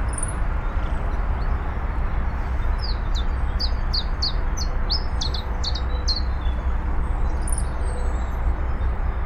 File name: iberischer zilpzalp